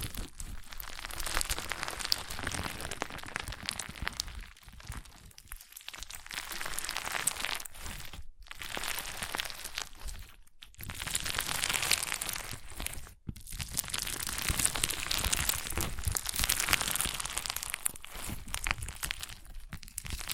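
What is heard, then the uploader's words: Crunchy slime is squeezed and kneaded in dense, crackling bursts of bright crinkling, broken by brief silent pauses around eight, ten and thirteen seconds. ASMR Satisfying Crunchy Slime (No Talking).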